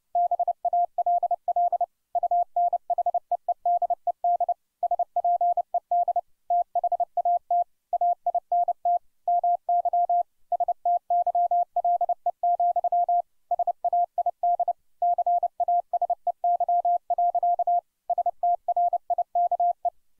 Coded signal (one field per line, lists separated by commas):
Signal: Morse code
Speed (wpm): 30 wpm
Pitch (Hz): 700 Hz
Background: none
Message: BALL UNHEEDED SPED THAT AINT MY STYLE, SAID CASEY. STRIKE